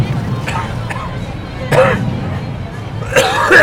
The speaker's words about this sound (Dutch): Oh, en plots moet ik weer hoesten.